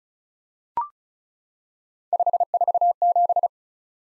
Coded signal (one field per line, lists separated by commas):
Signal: Morse code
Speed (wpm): 36 wpm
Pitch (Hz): 700 Hz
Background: none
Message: 547